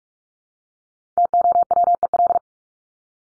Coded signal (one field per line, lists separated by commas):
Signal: Morse code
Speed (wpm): 44 wpm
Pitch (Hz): 700 Hz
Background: none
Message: TOWEL